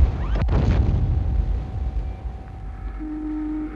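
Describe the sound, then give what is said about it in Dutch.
A sharp blast cracks out from fireworks packed in small tins resembling tobacco or cigarette tins, found on the beach at Den Helder. A deep rumbling roar follows and slowly fades, with a faint steady tone sounding near the end. No voices are heard. “het strand bij Den Helder kleine blikjes die deden denken aan tabak of sigaretten, maar die een hels vuurwerk bleken te bevatten.”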